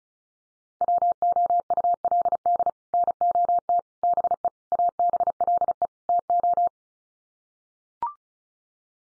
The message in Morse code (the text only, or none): WOULD NOT BE ABLE TO